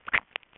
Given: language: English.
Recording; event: throat vibration sensor signal played as sound; swallow